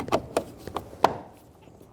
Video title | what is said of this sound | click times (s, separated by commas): How to Replace Exterior Mirrors 2011-2014 Hyundai Sonata | line up all the clips click it into place and you're good to go | 1.1 s